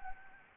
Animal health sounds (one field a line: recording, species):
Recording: mosquito wingbeat signal from an infrared sensor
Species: Anopheles gambiae